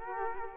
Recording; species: mosquito wingbeat signal from an infrared sensor; Culex quinquefasciatus